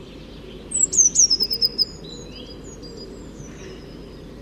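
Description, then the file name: Eurasian blue tit giving a fast series of about eight thin, high notes stepping downward, over steady low background noise. "Cyanistes caeruleus"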